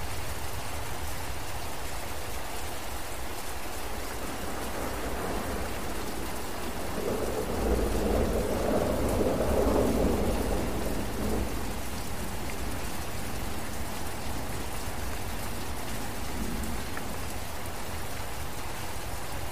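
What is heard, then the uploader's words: Steady rain falls in a forest, a dense, even hiss of drops spread from low to bright. Around seven to eleven seconds a deep, rolling rumble swells beneath it, thunder, then fades back into the unchanging rainfall. Rain & Thunder Sounds In Forest.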